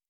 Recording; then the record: hydrophone in a shrimp aquaculture tank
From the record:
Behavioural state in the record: normal